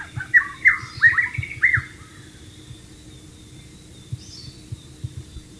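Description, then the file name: White-rumped shama song: a quick burst of loud, rich whistled phrases with sliding notes, then a faint high note later, over a steady low hum. "suara burung murai batu di alam liar"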